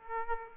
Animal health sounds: mosquito wingbeat signal from an infrared sensor; Aedes aegypti

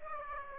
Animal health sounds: mosquito wingbeat signal from an infrared sensor; Aedes aegypti

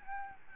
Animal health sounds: mosquito wingbeat signal from an infrared sensor; Aedes albopictus

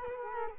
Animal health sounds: mosquito wingbeat signal from an infrared sensor; Culex quinquefasciatus

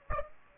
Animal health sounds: mosquito wingbeat signal from an infrared sensor; Aedes aegypti

